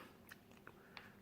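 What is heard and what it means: A tool pushes down the still-raised side of a metal circlip in a plastic carbonation cap body, and it seats with a sharp click at 0.97 s. Fainter ticks come at 0.3, 0.5 and 0.7 s over a low steady hum, with no talk.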